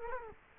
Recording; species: mosquito wingbeat signal from an infrared sensor; Culex quinquefasciatus